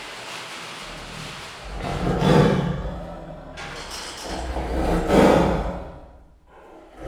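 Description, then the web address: Tiger roars, two deep, rough bursts about three seconds apart, over a steady low background rumble. Captive Siberian tigers at a zoo in Miskolc, 2018, recorded as cage doors were opened and the tigers let in. "sziberiai tigris ketrecajtoknyitasa tigrisekbeengedese miskolczoo"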